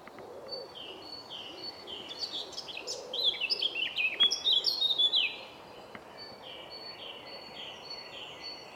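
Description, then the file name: Eurasian blackcap song: a scratchy, chattering warble rising into loud, clear fluted phrases, with other high whistled notes repeated before and after, and soft low cooing early on. "Sylvia atricapilla"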